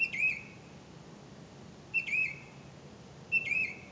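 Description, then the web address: Bird calls, three sharp whistled notes with a falling, curling tail, repeated roughly every one and a half to two seconds over faint background hiss. "misc bird"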